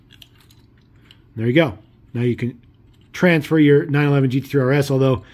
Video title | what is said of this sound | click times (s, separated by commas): Showcase: Matchbox Super Rigs And Majorette Transporters (600 series) Convoy Mix | Snaps into place. | 0.2 s